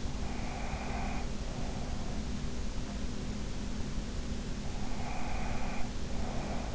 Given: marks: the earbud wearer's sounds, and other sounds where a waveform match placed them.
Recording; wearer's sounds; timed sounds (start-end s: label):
sounds in sleep by an in-ear microphone; breath
0.19-2.28 s: breath
4.88-6.75 s: breath